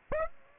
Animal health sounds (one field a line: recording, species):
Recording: mosquito wingbeat signal from an infrared sensor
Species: Aedes aegypti